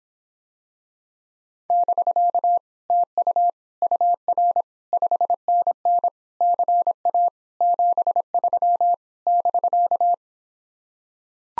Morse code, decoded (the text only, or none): <BK> TU UR 5NN CA 73 <BK>